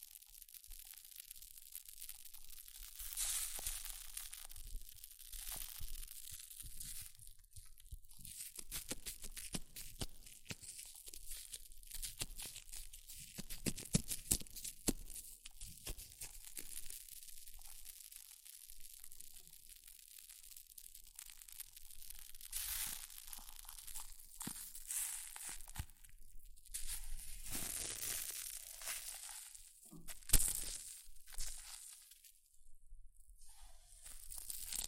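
Hair mousse fizzes and crackles in a dense, bright hiss that runs the whole time, made of countless tiny pops. The crackling swells and fades in waves, with louder bursts around 3, 14 and 27 seconds and a sharp spike near 30 seconds.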